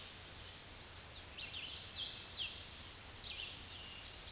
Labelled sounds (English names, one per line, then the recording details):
Hooded Warbler song
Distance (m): 30 m
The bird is about 5 m above the microphone
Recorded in a Pennsylvania forest on 16 May 2024 at 06:32
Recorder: AudioMoth, point MSD-0814
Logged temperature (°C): 15.8 °C
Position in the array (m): 131 m, 112 m